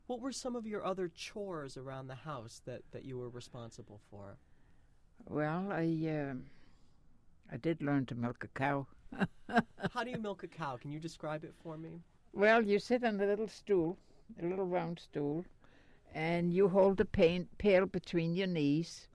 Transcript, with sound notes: What were some of your other chores around that, that you were responsible for?
Well, I did learn to milk a cow. (she laughs)
How do you milk a cow? Can you describe it for me?
Well, you sit on a little stool, a little round stool, and you hold the pail between your knees